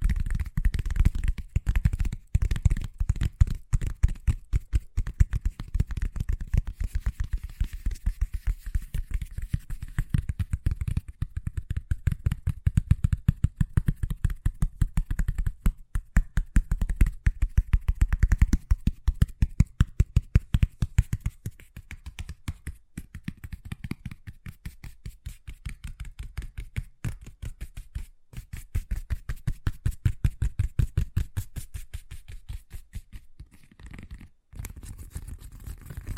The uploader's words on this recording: ASMR Braingasm Inducing Fast Tapping (No Talking).